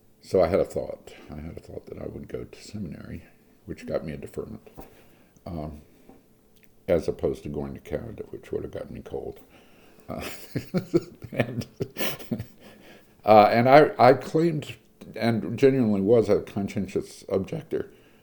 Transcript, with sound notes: so, I had a thought that I would go to seminary, which got me a deferment—as opposed to going to Canada, which would have gotten me cold. [laughter] And I claimed, and genuinely was, a conscientious objector.